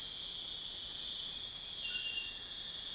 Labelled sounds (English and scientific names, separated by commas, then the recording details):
none
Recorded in secondary vegetation near Puerto Asís, Putumayo, Colombia, on 4 March 2025 at 03:30
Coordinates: 0.498, -76.327
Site G001